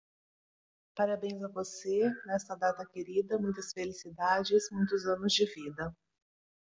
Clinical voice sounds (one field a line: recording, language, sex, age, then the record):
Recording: short text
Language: Brazilian Portuguese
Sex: female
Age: 40 to 49 years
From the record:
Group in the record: control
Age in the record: 48 years